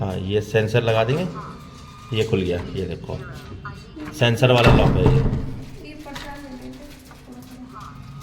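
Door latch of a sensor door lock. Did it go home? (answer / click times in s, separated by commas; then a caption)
no / none. Someone talks while handling the door latch of a sensor door lock, opening it and moving the door toward closing. A brief sharp sound is heard at about 6.2 s, but nothing has seated or clicked yet; the latch is not yet home when the clip ends.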